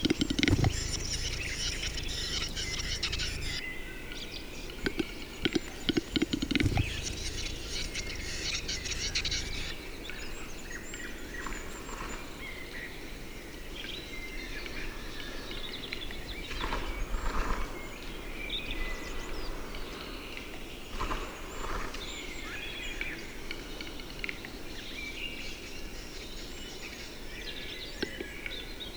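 A displaying capercaillie cock in a spring forest. The first ten seconds bring two loud bursts of rushing, fluttering noise, then things settle into a quieter steady hiss broken every few seconds by short dry clicks and pops, with faint bird calls behind.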